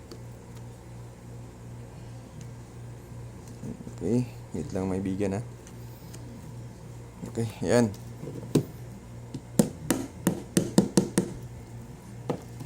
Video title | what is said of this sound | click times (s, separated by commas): FIBER OPTIC MECHANICAL SPLICER PARANG NAKA FUSION SPLICER KANA DIN PAG GUMAMIT KA NITO❤️💯 | mga kaibigan So kita niyo po na-lock na po yung dalawa nag-lock na po sila so | 9.9 s, 10.6 s